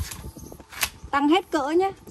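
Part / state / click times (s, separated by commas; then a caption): spring locking pin into hole of telescoping aluminium pole section / seated / 0.8 s. The spring locking pin on the aluminium telescoping pole of a pruning and fruit-picking shear is pressed, and the middle section is extended fully. At 0.8 s the pin snaps into the small hole with a sharp click, seating it. Someone talks afterward.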